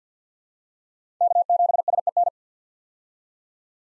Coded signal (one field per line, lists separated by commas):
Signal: Morse code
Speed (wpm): 50 wpm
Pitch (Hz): 700 Hz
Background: none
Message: K7SEN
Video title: 2023 POTA Hunter Call Signs - 50wpm